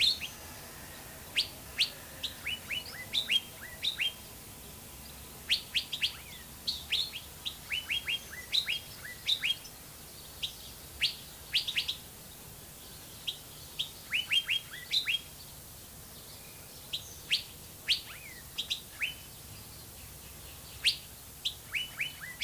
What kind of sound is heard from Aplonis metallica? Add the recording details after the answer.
song. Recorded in captivity. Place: Zoo Berlin, Berlin, DE. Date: 2003-09-15 16:55. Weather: fair, ca. 21°C. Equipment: Fair Mate ST-1328 (Asahi Electronics, Japan), Sennheiser ME 80, Kopie Uher 4000 Report Monitor. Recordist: Tembrock, Günter